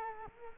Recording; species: mosquito wingbeat signal from an infrared sensor; Culex quinquefasciatus